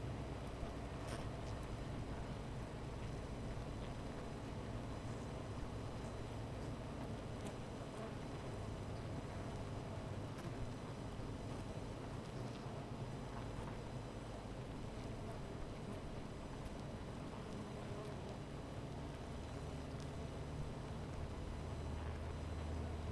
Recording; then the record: honeybee colony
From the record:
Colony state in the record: missing queen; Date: 14 July 2017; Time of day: 13:40